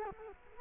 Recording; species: mosquito wingbeat signal from an infrared sensor; Culex quinquefasciatus